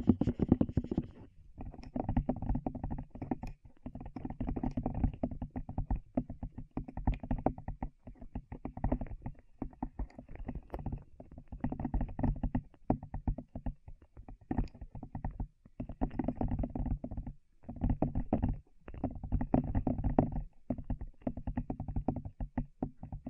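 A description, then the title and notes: Muffled ear tapping makes a dense, low, rumbling patter that runs almost nonstop, broken by short silent gaps near 1, 14, 15 and 19 seconds. ASMR Tap Your Ears 3Dio (No Talking).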